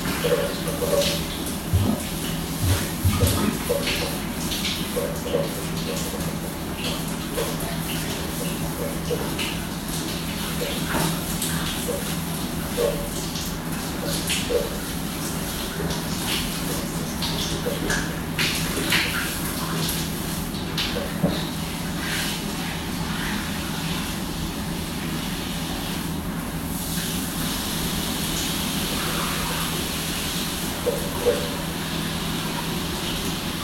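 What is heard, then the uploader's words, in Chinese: Shower water hisses steadily over an exhaust fan's constant low hum, with frequent brief splashes and spatters scattered throughout. 花洒 水声 排风扇 暖色灯光。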